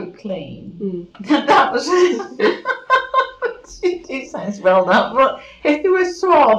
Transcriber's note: laughs